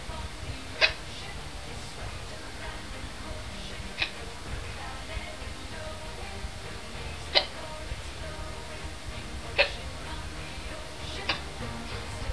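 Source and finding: Adult. Hiccups.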